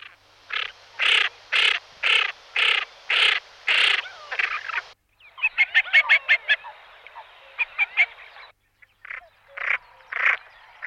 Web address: jadelmo pajaros Porron comun